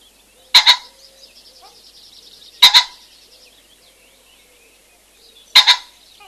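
Common pheasant giving three loud, hoarse two-part crows, with a rapid whirring after the first two and soft bird twitters behind.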